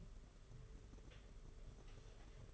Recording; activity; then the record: daily activity, microphone in the room; take from stove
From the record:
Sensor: 4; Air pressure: 991.8 hPa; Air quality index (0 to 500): 86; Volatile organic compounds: 7 ppm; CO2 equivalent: 1952 ppm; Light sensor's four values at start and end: 22/75/27/29 and 21/75/27/29